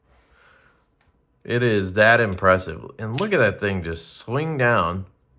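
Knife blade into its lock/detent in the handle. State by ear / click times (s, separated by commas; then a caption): not seated / none. Someone talks while handling a flipper folding knife, its blade swinging down on the pivot toward its lock/detent in the handle. Only faint low noise and a tiny tap near 1.0 s come before the talking. Nothing has seated or clicked yet.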